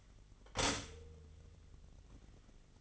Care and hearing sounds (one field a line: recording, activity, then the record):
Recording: daily activity, microphone in the room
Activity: stop toaster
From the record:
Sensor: 4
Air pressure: 1002.7 hPa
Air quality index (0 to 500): 234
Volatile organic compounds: 16 ppm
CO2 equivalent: 2534 ppm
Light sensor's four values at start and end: 21/73/27/27 and 18/61/23/22